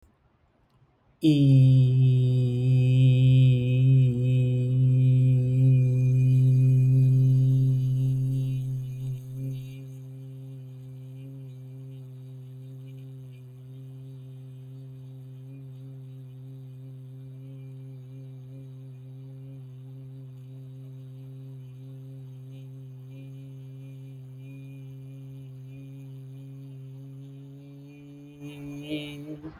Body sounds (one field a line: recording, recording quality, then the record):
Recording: sustained vowel as in beet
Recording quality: excellent, no background noise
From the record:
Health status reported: respiratory illness, not identified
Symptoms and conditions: asthma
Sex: male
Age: 39 years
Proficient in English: yes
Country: India